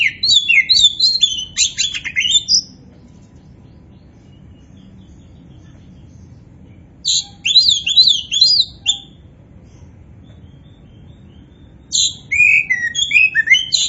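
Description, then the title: Oriental magpie-robin song in three separate bursts of bright, tumbling whistled notes, each lasting a couple of seconds with long silent gaps between them. Kacer poci variety, described as gacor (singing vigorously and continuously). "Kacer Poci Gacor"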